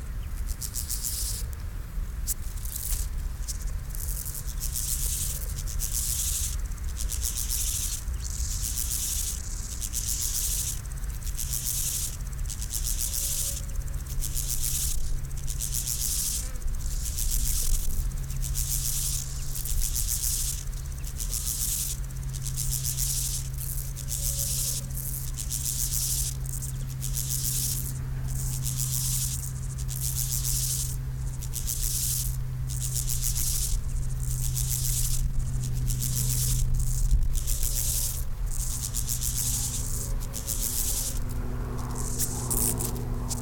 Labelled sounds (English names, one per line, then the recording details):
Steppe Grasshopper stridulation
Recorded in the wild
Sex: male
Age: imago
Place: Lienen, Nordrhein-Westfalen, DE
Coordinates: 52.145, 7.974
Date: 1991-09-21 10:53
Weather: am Gras 18,1°C, in der Sonne 29,8°C
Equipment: Marantz, Sennheiser ME 80, Kopie Tesla B 116
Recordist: Tembrock, Günter